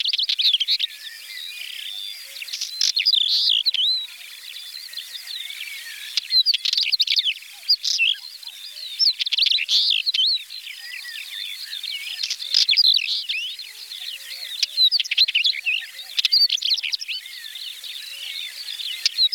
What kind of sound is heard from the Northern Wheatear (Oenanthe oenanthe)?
song